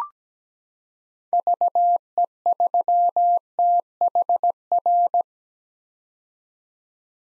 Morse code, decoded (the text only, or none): VE3THR